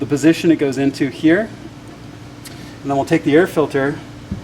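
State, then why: Not seated. Someone talks while handling the washable air filter for an Injen Evolution intake on a BMW F82 M4, about to fit it into the intake airbox, where it snaps into place with a quarter turn. A steady low hum runs underneath. Nothing has seated or clicked yet.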